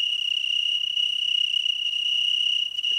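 A dense, unbroken chorus of tens of thousands of grasshoppers stridulating across a whole valley, on leaves and grass tips, a steady high-pitched shimmering buzz with no pauses, fairly loud and uniform throughout, with no voices; from a 1977 sound recording made for France Musique.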